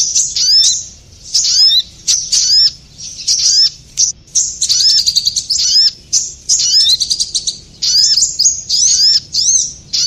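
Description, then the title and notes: Bird chirps in lively high twittering bursts with quick downward-sweeping notes, phrases separated by short silences, nothing else clearly heard. Bird calls used as a lure to attract stubborn birds that are hard to approach. "Suara Burung Bandel Yang Susah Mendekati. Kompilasi Suara Pikat Burung"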